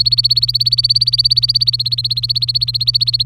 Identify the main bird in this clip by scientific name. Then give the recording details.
Serinus canaria. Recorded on 23 April 2018 at 15:19. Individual llb3